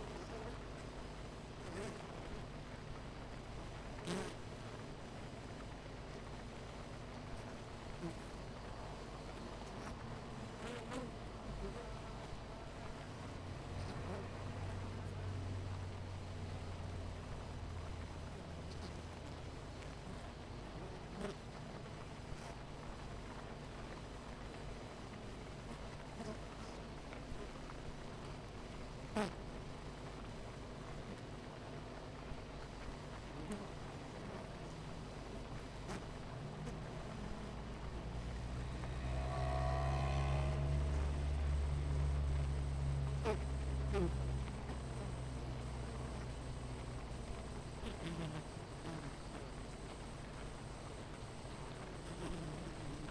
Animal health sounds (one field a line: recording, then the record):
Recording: honeybee colony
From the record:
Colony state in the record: missing queen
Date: 14 July 2017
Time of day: 9:12